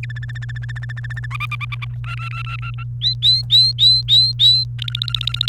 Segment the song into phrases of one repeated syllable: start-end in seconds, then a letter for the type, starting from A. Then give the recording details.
0.03-1.26 A, 1.31-1.84 B, 2.04-2.83 C, 3.01-4.64 D, 4.79-5.49 E. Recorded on 29 April 2018 at 14:31. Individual llb3